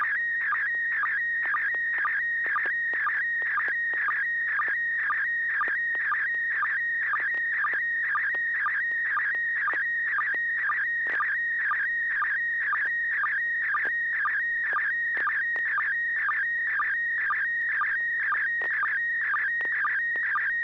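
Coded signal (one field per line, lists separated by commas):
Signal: SSTV (slow-scan television)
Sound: warbling high tone with a steady rhythmic chirp about twice a second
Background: low hum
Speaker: yes uh you do have a town go right ahead okay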